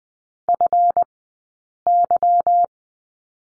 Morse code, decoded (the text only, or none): FY